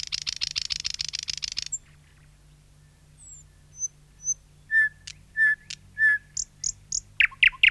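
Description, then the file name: Thrush nightingale singing: a dry rapid clicking rattle, a pause with faint high whistles, then loud spaced notes building into a quick sharp phrase. "satakieli"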